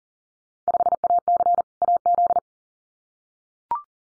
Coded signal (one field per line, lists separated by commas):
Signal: Morse code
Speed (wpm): 41 wpm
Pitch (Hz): 700 Hz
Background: none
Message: 5AC AZ